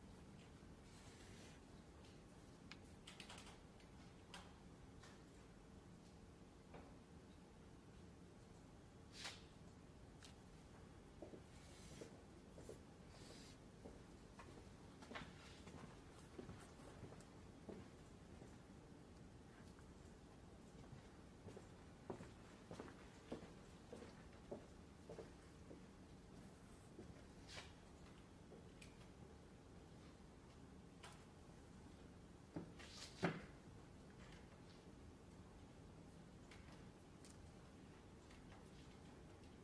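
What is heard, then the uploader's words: A Glasgow library with a steady low hum underneath scattered small knocks, clicks and shuffles that come every second or two. Short taps cluster more densely from about 10 to 30 seconds, and a sharper thump stands out near 33 seconds. Glasgow library. (university of glasgow).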